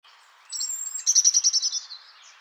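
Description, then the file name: Common blackbird calling: a thin high whistle, then a fast run of sharp chattering notes that fade out. "Turdus merula"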